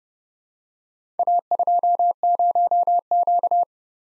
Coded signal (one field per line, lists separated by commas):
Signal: Morse code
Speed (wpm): 30 wpm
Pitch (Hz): 700 Hz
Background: none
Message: A20Q